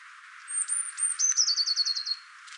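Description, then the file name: Eurasian blue tit: a few very high thin notes followed by a fast, slightly descending trill of short repeated units. "Cyanistes caeruleus"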